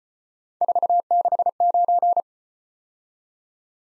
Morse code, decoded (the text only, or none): 469